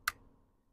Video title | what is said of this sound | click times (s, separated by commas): Pistell X-68 Gen2 Upgrade Valve Assembly : Complete Valve Replacement Under 1 Minute | And you're going to hear an audible click | 0.1 s